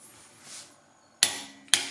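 A Parkside (Lidl) 1/2 inch click-type torque wrench set to 80 Nm is pulled on a digital torque tester until its mechanism breaks over with a sharp metallic click at 1.2 s, followed by a second sharp click at about 1.7 s. The tester reads 79.3, about 80 Nm, confirming the setting.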